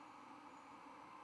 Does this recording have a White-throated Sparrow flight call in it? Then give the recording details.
no. No flight call is heard. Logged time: 23:05 on 10 November 2014